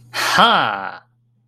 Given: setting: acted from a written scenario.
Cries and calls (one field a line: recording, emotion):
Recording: vocal sound without words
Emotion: pride